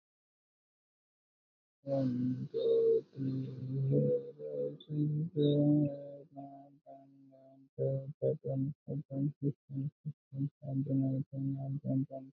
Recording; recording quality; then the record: counting at a normal pace; excellent, no background noise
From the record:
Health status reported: healthy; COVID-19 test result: not tested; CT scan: not taken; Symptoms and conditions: none ticked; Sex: male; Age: 26 years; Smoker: no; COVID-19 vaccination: both doses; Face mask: worn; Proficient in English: yes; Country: India